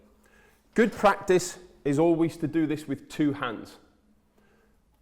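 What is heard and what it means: A man talks while the ventilation bar of an electric centre-pivot roof window is handled with both hands, about to be pushed home into the roof window sash. Only his speech is heard, with quiet background between phrases. Nothing has seated or clicked yet.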